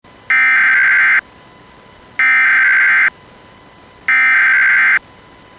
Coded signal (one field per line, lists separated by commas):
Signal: Emergency Alert System (SAME) tones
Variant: header bursts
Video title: EAS - AMBER Alert Issued for all of Maine (DANGEROUS)